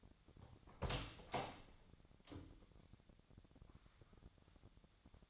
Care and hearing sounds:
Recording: daily activity, microphone in the room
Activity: open door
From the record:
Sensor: 3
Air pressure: 1007.3 hPa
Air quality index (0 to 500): 200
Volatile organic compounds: 16 ppm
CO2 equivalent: 2556 ppm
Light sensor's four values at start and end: 12/29/12/12 and 12/29/12/12

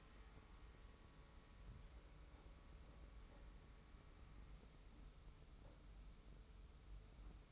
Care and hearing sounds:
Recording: daily activity, microphone in the room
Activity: wipe stove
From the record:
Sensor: 1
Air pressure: 991.4 hPa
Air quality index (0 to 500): 131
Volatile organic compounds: 427 ppm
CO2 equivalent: 4715 ppm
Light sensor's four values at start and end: 40/125/50/51 and 40/125/50/51

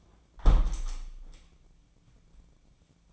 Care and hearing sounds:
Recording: daily activity, microphone in the room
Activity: close window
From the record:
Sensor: 1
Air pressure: 1012.3 hPa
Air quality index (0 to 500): 160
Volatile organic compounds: 2 ppm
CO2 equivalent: 1310 ppm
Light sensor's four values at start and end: 212/488/217/243 and 215/494/220/246

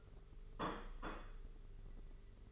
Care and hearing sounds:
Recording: daily activity, microphone in the room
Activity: place plate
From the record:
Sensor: 4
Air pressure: 991.7 hPa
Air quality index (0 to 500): 125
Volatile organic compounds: 34 ppm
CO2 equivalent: 3037 ppm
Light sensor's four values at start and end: 19/64/24/24 and 19/64/24/24

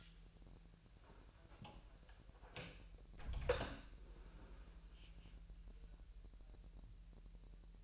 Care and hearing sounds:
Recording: daily activity, microphone in the room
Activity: close door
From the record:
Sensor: 2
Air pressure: 1001.2 hPa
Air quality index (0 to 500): 248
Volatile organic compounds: 87 ppm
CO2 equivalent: 3666 ppm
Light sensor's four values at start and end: 9/23/9/9 and 7/18/7/7

